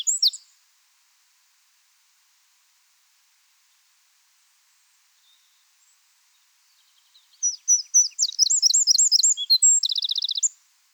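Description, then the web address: Eurasian wren: a brief sharp note, a long quiet gap, then an explosive high trilling song with a rapid buzzy rattle near the end. "SETE Troglodytes troglodytes"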